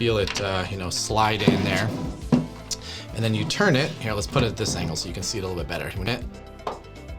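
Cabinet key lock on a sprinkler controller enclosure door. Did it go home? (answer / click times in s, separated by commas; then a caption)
released / 6.7 s. Someone talks while a key is slid into the spring-loaded cabinet key lock on the enclosure door of an Irritrol Rain Dial-R sprinkler controller and turned. The lock releases with a short pop at 6.7 s, and the door is unlocked.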